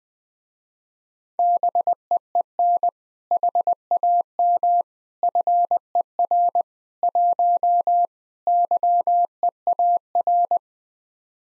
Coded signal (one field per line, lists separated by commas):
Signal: Morse code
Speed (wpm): 20 wpm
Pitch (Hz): 700 Hz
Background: none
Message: BEEN HAM FER 1 YEAR